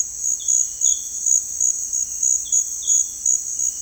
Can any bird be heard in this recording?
no